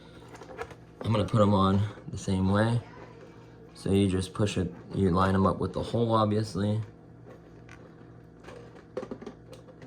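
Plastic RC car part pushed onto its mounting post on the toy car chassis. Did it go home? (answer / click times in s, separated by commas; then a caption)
yes / 9.0 s. Someone talks while a small plastic part is lined up with its hole and pushed by hand onto its mounting post on the chassis of a Jada Elite Porsche 911 GT3 (997) RC toy car. A short click at 9.0 s marks the part seating fully against its stop, followed by a few faint taps.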